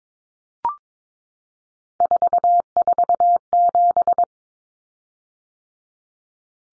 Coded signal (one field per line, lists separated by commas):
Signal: Morse code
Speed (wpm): 22 wpm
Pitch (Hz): 700 Hz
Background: none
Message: 447